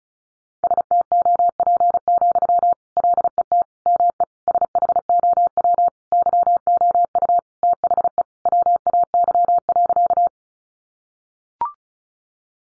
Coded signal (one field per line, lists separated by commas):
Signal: Morse code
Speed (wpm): 34 wpm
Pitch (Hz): 700 Hz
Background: none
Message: STOP, LET ME SHOW YOU THE WAY.